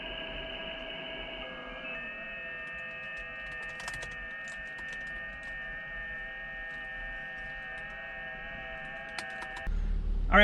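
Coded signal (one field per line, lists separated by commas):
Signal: FT8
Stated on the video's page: FT8 Parks on the Air activation on 20m with a Shark Hamstick on a magnet mount atop an SUV, in on-and-off rain.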